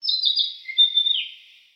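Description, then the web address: Bird call: a single high, thin warbling phrase that slides gradually downward over about two seconds and fades out, with no other sounds. "Sound Effects-Foundation 1 BIRD 01 CALL 04"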